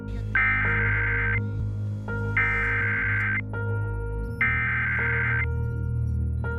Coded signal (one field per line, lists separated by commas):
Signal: Emergency Alert System (SAME) tones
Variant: header bursts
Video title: WB Animation Channel - EAS during The Adventures of Domi & Kai